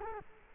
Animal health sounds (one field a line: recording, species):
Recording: mosquito wingbeat signal from an infrared sensor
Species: Culex quinquefasciatus